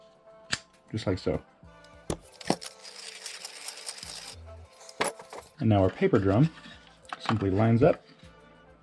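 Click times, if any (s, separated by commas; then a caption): none. A 3D-printed paper-roll drum is handled and lined up in the frame of a player harmonica, with sharp knocks and clicks of handling, background music, and someone talking. The drum has not snapped into place yet; nothing has seated or clicked by the end of the clip.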